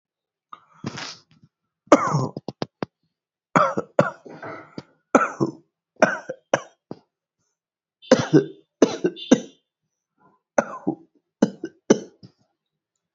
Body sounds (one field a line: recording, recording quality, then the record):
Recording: heavy voluntary cough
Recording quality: excellent, no background noise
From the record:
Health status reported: healthy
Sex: male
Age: 42 years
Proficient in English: yes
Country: India